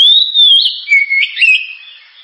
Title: Kacer Gacor Suara Tajam. Kacer Gacor Suara Super Kenceng Cocok untuk Pancingan